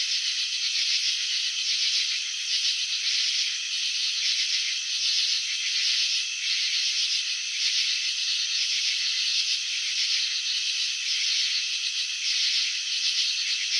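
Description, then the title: Cricket chirping forms an unbroken high-pitched sound, finely pulsed and rising and falling slightly in strength over the whole stretch. Crickets chirping, shown in a slow-motion video of wing vibrations and antenna movements. "Crickets in Slow Motion. Capturing the Elegance of Chirping"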